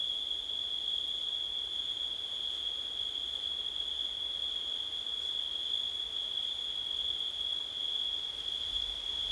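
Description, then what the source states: Crickets give a constant high-pitched trill without pause, over quiet low background noise. Crickets recorded on a windy September night.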